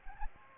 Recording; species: mosquito wingbeat signal from an infrared sensor; Aedes aegypti